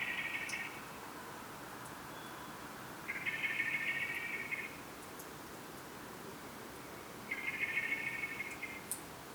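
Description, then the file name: Common blackbird making three harsh, buzzy calls about four seconds apart, the first cut off at the start, with a few faint clicks in the background. "Turdus merula"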